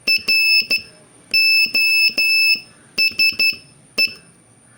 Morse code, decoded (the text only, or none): ROSE